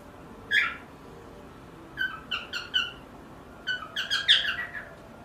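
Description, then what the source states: Cockatiel giving a few short, squeaky chirps, one alone then two small clusters of quick notes over a faint steady background hiss. Pearl cockatiel.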